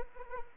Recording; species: mosquito wingbeat signal from an infrared sensor; Anopheles arabiensis